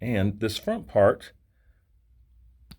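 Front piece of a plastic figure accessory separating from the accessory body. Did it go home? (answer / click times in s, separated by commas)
released / 2.7 s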